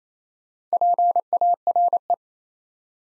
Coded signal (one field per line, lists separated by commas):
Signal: Morse code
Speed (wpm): 28 wpm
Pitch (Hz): 700 Hz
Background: none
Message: PARE